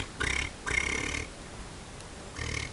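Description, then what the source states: Giant Otter grunting: three short, rough, snorting bursts with low rumbling energy, the middle one longest, the last after a longer pause. Grunting of a pair of giant otters about ten feet away, each about four feet long.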